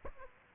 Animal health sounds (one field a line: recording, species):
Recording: mosquito wingbeat signal from an infrared sensor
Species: Aedes aegypti